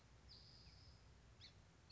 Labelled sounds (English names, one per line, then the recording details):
Song Sparrow
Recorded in Sonoma County, California